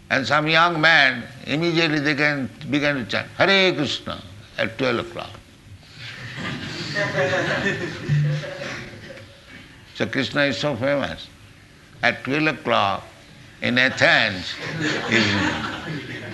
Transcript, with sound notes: and some young men, immediately they began to chant "Hare Kṛṣṇa," at twelve o'clock. [laughter] So Kṛṣṇa is so famous at twelve o'clock in Athens even.